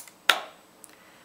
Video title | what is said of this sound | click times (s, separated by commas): MicroVapor Devices - Pocket Neb MVD-70 | I take the medication cup and slide it on to the control unit until it clicks into place | 0.3 s